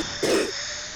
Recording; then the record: coughing mixed with background sound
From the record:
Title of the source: 60 coughing still (deep and wet cough)